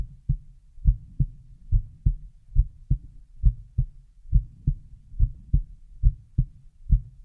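An adult heart heard close up: a heartbeat, with heartbeat sounds only.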